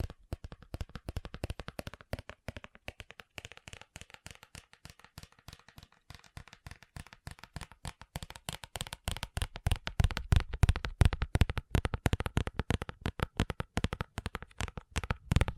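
Fast tapping in dense, rapid clicks, steady at first then growing louder and busier after about eight seconds, with sharp, crisp hits.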